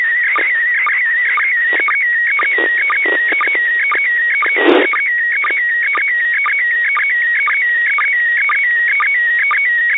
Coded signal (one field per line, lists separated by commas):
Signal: SSTV (slow-scan television)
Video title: [International Space Station] Receiving & Decoding an SSTV Image (June 2021 Event); 10. June 2021